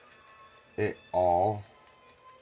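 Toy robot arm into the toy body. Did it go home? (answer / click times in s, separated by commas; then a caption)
no / none. The arm of a plastic transforming robot toy is being handled and pushed toward the toy body once the body is lined up. Someone talks briefly over a faint steady background hum. Nothing has seated or clicked into place yet.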